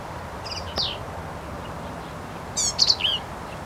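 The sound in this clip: Black-capped vireo song: a faint opening note, then one brief burst of harsh chatter and slurred high whistles near the end.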